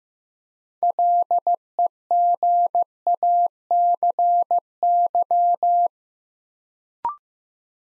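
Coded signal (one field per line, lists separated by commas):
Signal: Morse code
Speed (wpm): 15 wpm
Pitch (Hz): 700 Hz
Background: none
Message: LEGACY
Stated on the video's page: Morse practice set at 15 wpm: 6-letter words sent three letters at a time for building instant character recognition.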